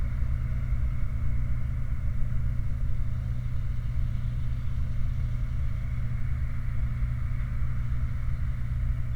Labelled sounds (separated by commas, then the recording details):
machinery, flare stack
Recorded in the Prudhoe Bay oil fields, Alaska, on 29 July 2019 at 04:20
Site 29